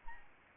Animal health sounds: mosquito wingbeat signal from an infrared sensor; Aedes albopictus

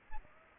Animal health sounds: mosquito wingbeat signal from an infrared sensor; Aedes aegypti

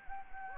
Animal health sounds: mosquito wingbeat signal from an infrared sensor; Anopheles gambiae

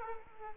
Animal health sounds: mosquito wingbeat signal from an infrared sensor; Aedes aegypti

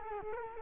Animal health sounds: mosquito wingbeat signal from an infrared sensor; Culex quinquefasciatus

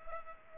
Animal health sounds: mosquito wingbeat signal from an infrared sensor; Culex pipiens

